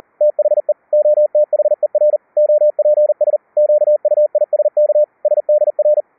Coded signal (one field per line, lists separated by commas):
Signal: Morse code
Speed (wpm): 40 wpm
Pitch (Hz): 600 Hz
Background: none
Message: THE OTHER OPS QUISK SDR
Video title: QUISK SDR(win 10) to QUISK SDR(Linux) - CW QSO each other over ip using Gstreamer VLF RF over IP